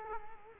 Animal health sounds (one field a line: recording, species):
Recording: mosquito wingbeat signal from an infrared sensor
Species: Culex quinquefasciatus